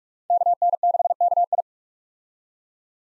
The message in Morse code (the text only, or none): KN6KI